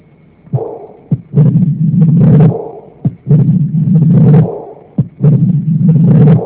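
In an adult heart, brief sharp heart sounds repeat about 30 times a minute, each followed by a long, rough, low rumbling sound that fills much of the cycle: a systolic murmur with an added third heart sound.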